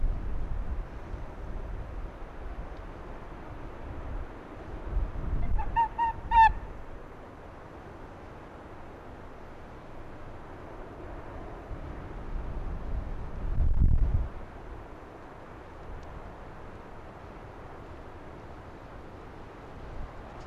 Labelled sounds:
Arctic Fox
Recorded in the wild
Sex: male
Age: adult
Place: Insel Mednyi, Kommandeur-Inseln, RU
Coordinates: 54.5167, 168.083
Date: 1999-07-31 17:24
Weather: 12°C, bedeckt, starker Westwind
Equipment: Sony WM-D6C, Sennheiser ME 80, K 30 AV, Windkorb, Kopie Tascam DA 30
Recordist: Jakupi, Antje

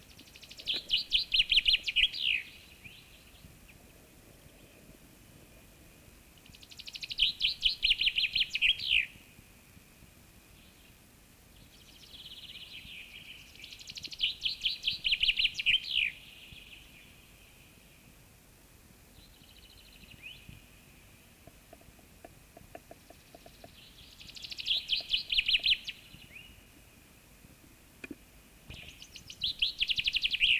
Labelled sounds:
Common Chaffinch song
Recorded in the wild
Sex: male
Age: adult
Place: Goslar, OT Hahnenklee, Oberharz, Niedersachsen, DE
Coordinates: 51.8644, 10.3308
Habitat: forest
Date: 1965-04-12
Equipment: Uher 4000 Report-S, Bändchenmikro Beyer M 260, Parabolspiegel Polyester (470 mm)
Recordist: Conrads, Klaus
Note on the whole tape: Hahnenkleer Berg. Männchen: Gesang. Aufnahmezeit: 6.00 bis 8.00 Uhr

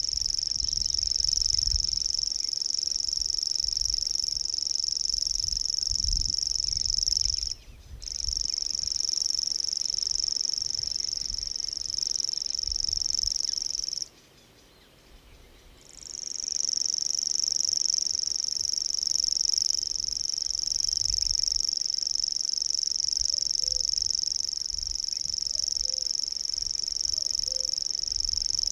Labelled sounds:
Common Grasshopper Warbler song
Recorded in the wild
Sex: male
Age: adult
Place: Hüde, Niedersachsen, DE
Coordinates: 52.4833, 8.35
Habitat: lake
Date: 1969-05-15
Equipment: Uher 4000 Report-S, Bändchenmikro Beyer M 260, Parabolspiegel Polyester (470 mm)
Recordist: Conrads, Klaus

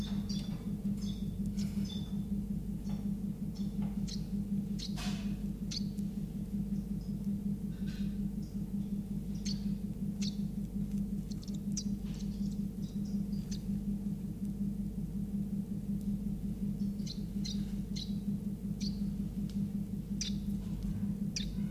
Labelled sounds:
Iberian Chiffchaff call
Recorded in captivity
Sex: group
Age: juvenile
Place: Zoologisches Institut Universität Tübingen, Baden-Württemberg, DE
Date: 1964-06-16 17:00
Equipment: Nagra III PH, dynamisches Mikrophon, LGS26
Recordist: Schneider, Hans-Joachim
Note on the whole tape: Phylloscopus collybita brehmii (alte Bezeichnung, inzwischen eigene Art). Nest Nr. 3. Weichfresser-Käfig. Tiere ca. 14-tägig: Speerlaute etc. MaAs: M.Sch

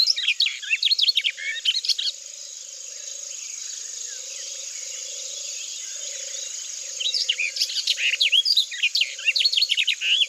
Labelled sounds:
Barred Warbler song
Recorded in the wild
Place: Nagyivan / Hortobagy, HU
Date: 1988-05-18
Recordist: Schwarz, Dieter
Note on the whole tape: Song

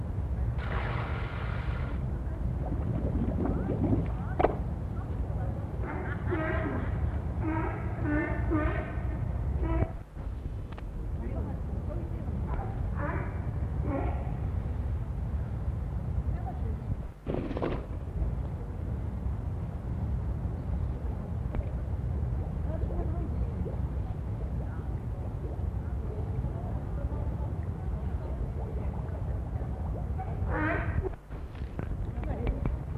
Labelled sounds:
Harbor Seal
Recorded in captivity
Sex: male
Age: adult
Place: Zoo Berlin, Berlin, DE
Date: 1960-11-26 16:00
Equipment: Minifon, Kopie Smaragd
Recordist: Tembrock, Günter

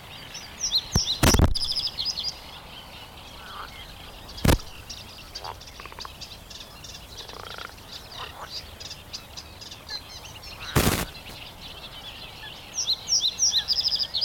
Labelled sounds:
Reed Bunting
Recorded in the wild
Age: adult
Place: Karower Teiche, Naturpark Barnim, Berlin, DE
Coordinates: 52.622, 13.46
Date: 1992-05-16 10:30
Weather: sonnig, 17-22°C
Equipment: Nagra SN, Mikrofon AKG CK 8, Kopie Tesla B 116
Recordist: Tembrock, Günter

